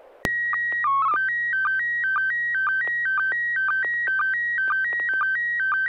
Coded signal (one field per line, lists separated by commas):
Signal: SSTV (slow-scan television)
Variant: PD 120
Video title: N6NA SSTV Net - 05/08/2024